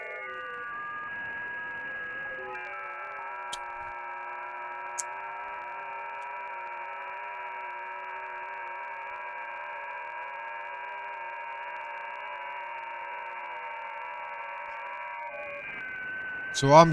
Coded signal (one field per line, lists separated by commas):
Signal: FT8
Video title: Scanning the airwaves with the SDR